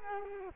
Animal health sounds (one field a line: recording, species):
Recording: mosquito wingbeat signal from an infrared sensor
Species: Culex quinquefasciatus